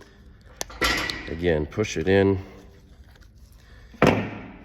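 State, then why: Seated. Someone talks while pushing a second metal snap ring, which has a rounded edge, into the groove of a Rogue barbell sleeve. A sharp metallic snap rings out at 4.0 s as the ring seats in the groove.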